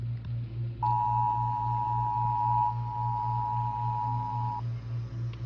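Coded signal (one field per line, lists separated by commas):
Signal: Emergency Alert System (SAME) tones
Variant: 853 and 960 Hz attention tone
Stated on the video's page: EAS alerts played on a Nintendo Switch; not actual emergencies.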